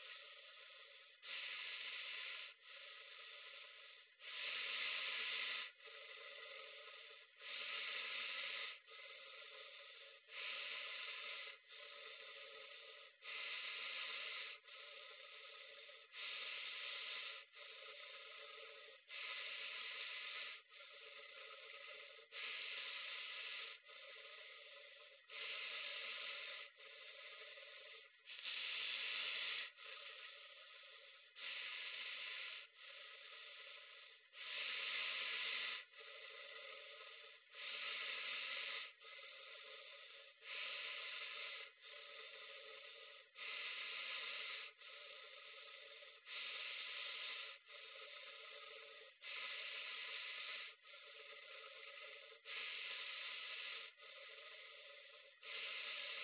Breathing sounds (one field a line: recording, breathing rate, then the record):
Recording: paced breathing near a phone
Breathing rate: 20 breaths a minute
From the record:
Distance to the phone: 40 cm